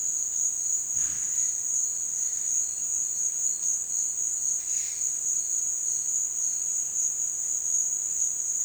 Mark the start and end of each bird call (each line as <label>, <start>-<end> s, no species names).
bird call, 0.99-1.36 s
bird call, 4.59-5.03 s